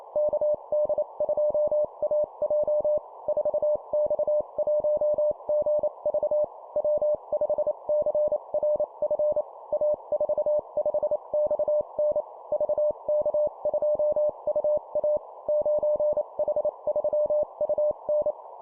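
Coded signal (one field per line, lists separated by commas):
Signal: Morse code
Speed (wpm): 28 wpm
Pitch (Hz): 600 Hz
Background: none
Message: KD2AJ 4X1GV W5CRF A45XN VK2UA 9H3UN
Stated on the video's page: Morse call-sign copy practice at 25 wpm for improving CW copy speed.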